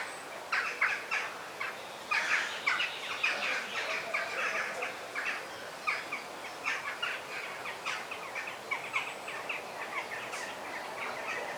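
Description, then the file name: Parrot calls, many raspy squawks layered into a busy, unbroken chorus, with a few louder shrieks near the start and middle. Parrot calls in forest ambience. "ASMR Sounds of the Forest - The Parrot Song"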